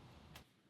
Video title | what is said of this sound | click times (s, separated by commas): Could This be the BEST Bike Rack for Your CAR? 🚙 | i love that and that tool locks into place with the security key which is included | 0.4 s